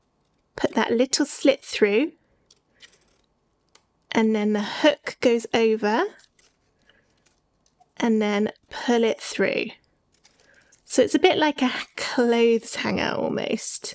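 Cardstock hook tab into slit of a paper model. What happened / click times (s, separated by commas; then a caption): The paper tab is guided over without a seating click yet / none. A cardstock hook tab is lined up and passed over the edge of a slit in a paper model while someone talks, with faint, brief paper-handling ticks in the pauses around 2.5–3.8 s, 6.4–7.7 s and 10.2–10.4 s. The hook has not yet been pulled through, and nothing has seated or clicked yet.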